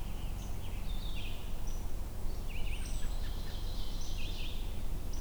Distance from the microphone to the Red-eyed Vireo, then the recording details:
about 90 m. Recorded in boreal forest in Alberta, Canada, on 22 June 2016 at 08:30. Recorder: SongMeter 3, array SBT-6-76. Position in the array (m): 182 m, 86 m